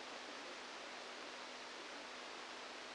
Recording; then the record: brain microelectrode recording played as sound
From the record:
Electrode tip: outside the subthalamic nucleus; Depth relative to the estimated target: -6 mm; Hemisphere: left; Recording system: NeuroSet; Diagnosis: Parkinson's disease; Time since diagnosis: 17 years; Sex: male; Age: 64 years